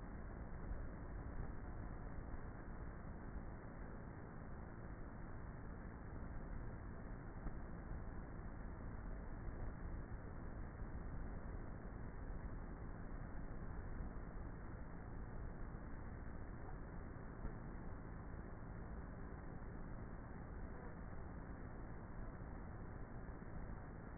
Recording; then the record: honeybee colony, microphone inside the hive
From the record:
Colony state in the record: queenless with a low population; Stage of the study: before two queens were removed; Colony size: about 30,000 bees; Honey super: no